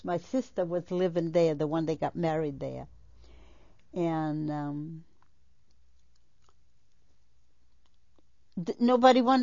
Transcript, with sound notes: My sister was living there, the one that got married there. And [pause] nobody wanted